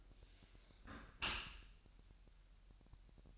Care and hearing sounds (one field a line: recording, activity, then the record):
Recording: daily activity, microphone in the room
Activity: close dishwasher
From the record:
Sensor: 2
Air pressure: 1000.4 hPa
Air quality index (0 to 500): 245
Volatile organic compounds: 89 ppm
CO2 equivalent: 3680 ppm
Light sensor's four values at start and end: 9/21/9/9 and 9/21/9/9